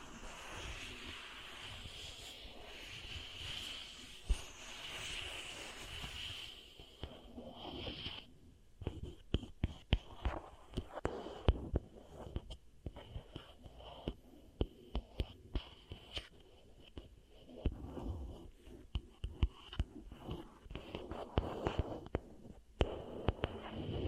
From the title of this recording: Beeswax Ear Triggers